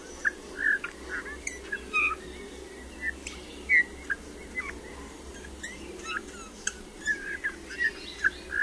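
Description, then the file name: Eurasian bullfinch song: soft, scattered piping whistles and short creaky notes at a mid pitch, irregularly spaced over a steady, noisy hiss. "Gil"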